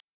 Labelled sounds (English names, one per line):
Black-throated Blue Warbler flight call